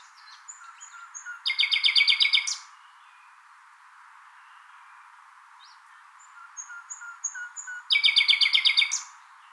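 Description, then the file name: Common nightingale singing: faint soft whistles lead into a loud, fast, buzzy trill lasting about a second, and the pattern repeats after a pause. "Luscinia megarhynchos"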